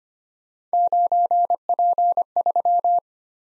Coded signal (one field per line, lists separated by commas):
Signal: Morse code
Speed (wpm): 25 wpm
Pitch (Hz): 700 Hz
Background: none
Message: 9P3